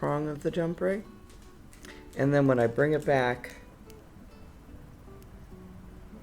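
A metal chainmaille jump ring is twisted so one end overlaps the other, then brought back toward a flush closure while someone talks, with a few faint small ticks of handling in between. The ends have not clicked closed yet; nothing has seated.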